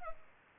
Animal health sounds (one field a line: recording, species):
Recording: mosquito wingbeat signal from an infrared sensor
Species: Culex pipiens